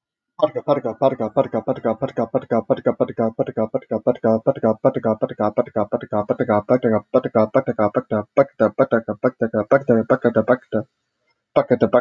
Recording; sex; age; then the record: repeated syllables /pa ta ka/; male; 20 to 29 years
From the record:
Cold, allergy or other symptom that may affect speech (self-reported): no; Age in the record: 21 years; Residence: United States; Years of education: 16